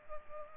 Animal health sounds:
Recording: mosquito wingbeat signal from an infrared sensor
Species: Culex pipiens

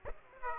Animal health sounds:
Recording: mosquito wingbeat signal from an infrared sensor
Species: Aedes aegypti

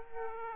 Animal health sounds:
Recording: mosquito wingbeat signal from an infrared sensor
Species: Aedes aegypti

